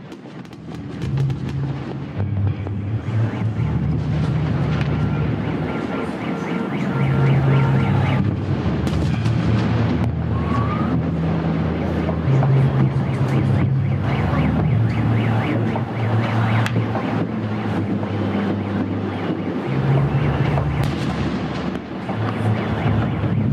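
A protest in Belarus, captured as a dense, unbroken wall of crowd noise from start to finish. Low droning tones, like horns or engines, rise and drop away repeatedly, while sharp claps and bangs punctuate the din every few seconds.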